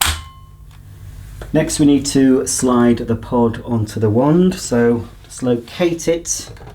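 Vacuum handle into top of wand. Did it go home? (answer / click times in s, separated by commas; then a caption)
yes / 0.0 s. A Shark Powered Lift-Away upright vacuum cleaner (AX950UKT) has its handle pushed into the top of the metal wand, and a single loud, sharp click at 0.0 s shows it has seated. A short tone follows, then someone talks for the rest of the clip.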